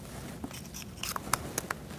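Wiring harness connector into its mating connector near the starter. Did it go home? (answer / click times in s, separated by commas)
yes / 1.3 s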